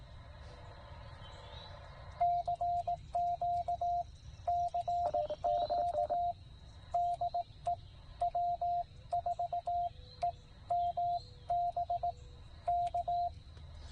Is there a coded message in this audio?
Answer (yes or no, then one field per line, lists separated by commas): yes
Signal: Morse code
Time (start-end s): 2.2-13.3 s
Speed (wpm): 19 wpm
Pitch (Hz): 700 Hz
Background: radio noise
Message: CQ CQ DE W4EMB K